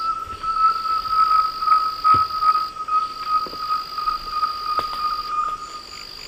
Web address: Natures Songs S America Eastern Lowlands. Liosceles thoracicus, songs and calls 2 birds